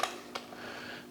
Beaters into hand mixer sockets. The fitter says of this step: they snap into place it doesn't matter which beater goes into which side on this one